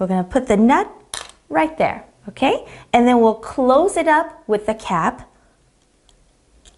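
Someone talks while a nut is placed on the little post on the bottom section of a toy submarine and a plastic cap is lined up over it, ready to be pushed until it snaps. After the talking stops, only small taps and handling noises are heard, around 6.1, 6.7 and 6.8 seconds. The cap has not snapped into place yet.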